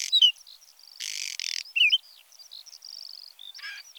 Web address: Whinchat